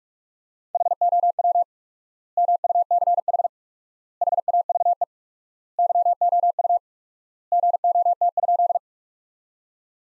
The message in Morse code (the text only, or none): HOW MUCH HAVE YOU GOT?